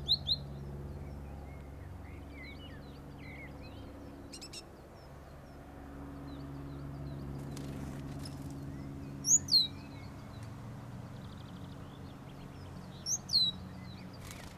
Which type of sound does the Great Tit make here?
call